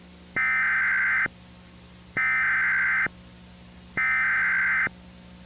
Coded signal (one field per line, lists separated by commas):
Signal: Emergency Alert System (SAME) tones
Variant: header bursts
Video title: EAS Scenario #4: World War III: Desperate Measures (Part 8)